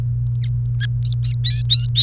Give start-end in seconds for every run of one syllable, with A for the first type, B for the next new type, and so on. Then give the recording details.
1.05-2.03 A. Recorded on 28 April 2018 at 11:59. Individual llb3